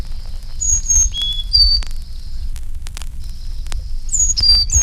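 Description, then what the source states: Carolina chickadee song of clear, very high whistles, a slurred note falling to lower tones, phrase repeated twice over sharp crackling clicks. Uses several high-pitched notes in different songs.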